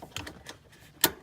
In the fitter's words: right first ones down you heard the click